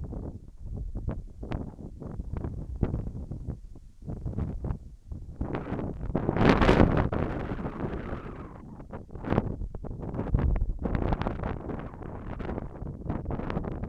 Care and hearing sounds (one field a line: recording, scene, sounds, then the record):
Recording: everyday scene through a hearing-aid microphone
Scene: wind on the microphone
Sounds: wind, whistling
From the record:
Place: in front of a rural house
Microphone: behind the ear, left, front